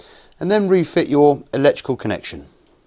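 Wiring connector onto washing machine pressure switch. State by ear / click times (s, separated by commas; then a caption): not seated / none. Someone talks while the plastic electrical connector is being refitted onto the new pressure switch of a Zanussi washing machine. The connector is handled but not yet home, and nothing has clicked or seated yet.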